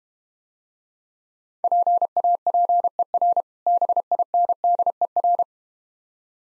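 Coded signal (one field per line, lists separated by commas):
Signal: Morse code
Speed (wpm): 32 wpm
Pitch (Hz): 700 Hz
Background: none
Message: PAPER BINDER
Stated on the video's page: Morse code practice drill at 25 wpm, difficult words with contextual hints.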